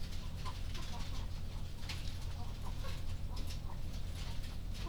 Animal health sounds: poultry house recording; sick chickens (respiratory disease)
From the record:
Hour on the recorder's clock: 20

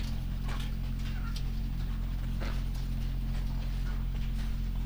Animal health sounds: poultry house recording; sick chickens (respiratory disease)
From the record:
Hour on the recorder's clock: 3

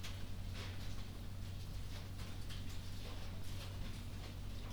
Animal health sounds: poultry house recording; no chicken sound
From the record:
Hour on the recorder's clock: 3

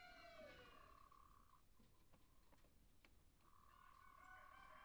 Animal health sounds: poultry house recording; healthy chickens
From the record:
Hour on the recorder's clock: 1

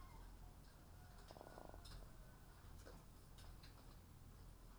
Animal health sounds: poultry house recording; sick chickens (respiratory disease)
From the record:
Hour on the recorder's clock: 10

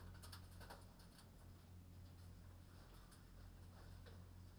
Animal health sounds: poultry house recording; no chicken sound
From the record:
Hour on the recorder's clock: 22

